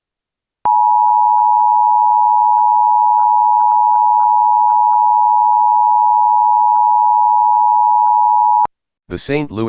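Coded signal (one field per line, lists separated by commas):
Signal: Emergency Alert System (SAME) tones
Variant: 853 and 960 Hz attention tone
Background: speech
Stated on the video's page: Child Abduction Emergency (AMBER Alert), statewide Missouri.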